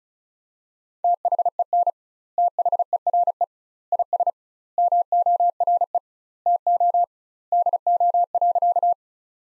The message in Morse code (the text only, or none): THEN THERE IS MORE TO DO.